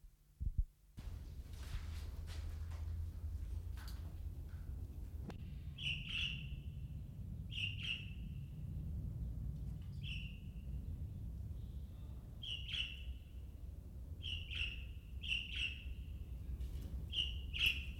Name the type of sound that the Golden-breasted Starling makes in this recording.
call